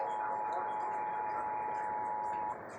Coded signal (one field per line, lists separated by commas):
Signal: Emergency Alert System (SAME) tones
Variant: 853 and 960 Hz attention tone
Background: speech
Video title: KPXD EAS: SVR (SAME AS #32) (EAS #33)